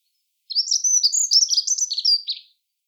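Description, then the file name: Dunnock song, a single fast, thin, wavering warble of high notes running for about two seconds in quiet surroundings. "chant accenteur mouchet"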